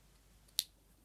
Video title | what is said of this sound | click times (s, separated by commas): How To Change A Renault Kangoo / Clio Remote Key Fob Battery Without Struggling! | just clicks into place | 0.6 s